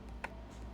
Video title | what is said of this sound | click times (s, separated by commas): HYTE Y70 Touch Infinite White Step-by-Step Guide on How To Build a Gaming PC 9950X3D + RTX 5090 | you hear a nice click | 0.2 s